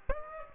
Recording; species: mosquito wingbeat signal from an infrared sensor; Aedes aegypti